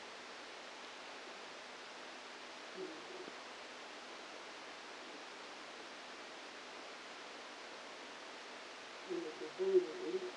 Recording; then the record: brain microelectrode recording played as sound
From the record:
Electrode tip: outside the subthalamic nucleus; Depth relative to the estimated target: 4 mm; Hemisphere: right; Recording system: NeuroSet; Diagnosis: Parkinson's disease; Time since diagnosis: 7 years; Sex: female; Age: 68 years